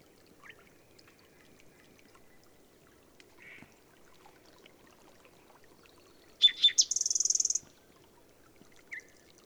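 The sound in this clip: Bird song: after long quiet with faint scattered chirps, a short burst of sharp notes ends in a rapid high trill, followed by a single soft chip.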